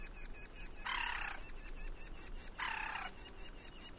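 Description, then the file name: Woodpecker gives two loud, harsh, grating calls about two seconds apart over a buzzing, pulsing insect background. "jh-050723-wkpkr"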